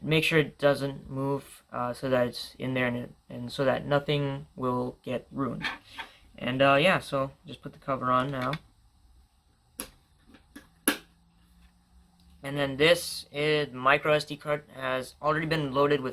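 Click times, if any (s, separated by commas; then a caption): 9.8 s, 10.9 s. A plastic top cover is pressed onto a single-board computer case base holding a Raspberry Pi 4 board, giving two loud, short snaps at 9.8 s and 10.9 s as it seats. Someone talks before and after the cover goes on.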